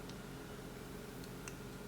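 A quick-release spring-pin lever on a watch strap is pulled back while the strap end is lowered toward the lug of a 1.43" HD AMOLED rugged tactical military smartwatch case. Only faint, brief ticks near 0.1 s and 1.5 s are heard over a steady low hum. Nothing has seated or clicked yet.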